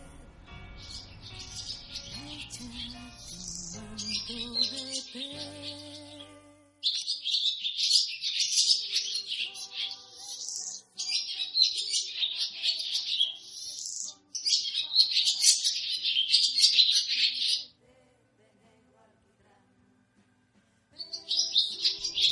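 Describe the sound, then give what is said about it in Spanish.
A small bird chirps inside a radio studio, a busy stream of sharp, high-pitched tweets coming in long bursts with short pauses, after a few seconds of low music at the start. “Está un poquito nervioso el pajarito aquí adentro, ¿no?”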